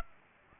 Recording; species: mosquito wingbeat signal from an infrared sensor; Aedes aegypti